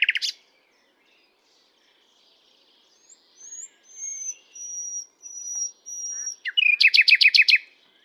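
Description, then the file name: Common nightingale song: a short chirp, then a series of long pure whistled notes, followed by a rapid loud trill of repeated notes near the end. "Luscinia megarhynchos"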